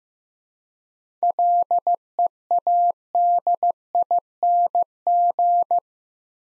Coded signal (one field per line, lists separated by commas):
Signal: Morse code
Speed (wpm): 16 wpm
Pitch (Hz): 700 Hz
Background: none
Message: LEADING